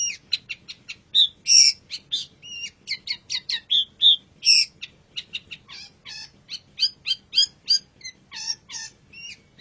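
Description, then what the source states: Long-tailed shrike song: a dense, rapid medley of sharp chirps, scratchy notes and whistled slurs with little pause. Masteran (tutor) song recording of the long-tailed shrike, known locally as cendet.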